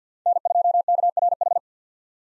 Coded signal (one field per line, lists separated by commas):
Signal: Morse code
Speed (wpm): 47 wpm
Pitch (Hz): 700 Hz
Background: none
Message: N2KRH